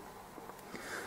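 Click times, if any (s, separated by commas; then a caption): 0.5 s. A 2 GB laptop memory module, already inserted in its slot on a Compaq CQ10 Mini, is pushed down toward the motherboard until the side retaining clips snap over it. A short, faint click sounds at 0.5 s over a steady low background hiss. The module is seated and clipped in.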